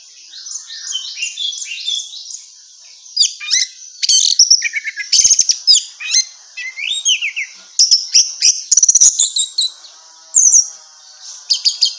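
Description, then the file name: Orange-headed thrush pouring out a long, dense string of high chirps, buzzy notes and quick slurred whistles, varied throughout with only very short breaks. Female bird. "suara burung anis merah betina"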